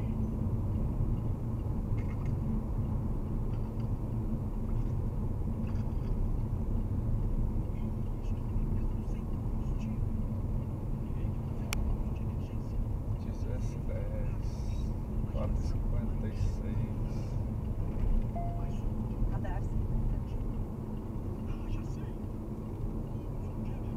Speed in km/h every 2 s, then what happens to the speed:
51, 50, 50, 48, 47, 45, 45, 47, 49, 48, 45, 45.
0-10 slows to 45. 10-24 steady at about 45.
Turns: none.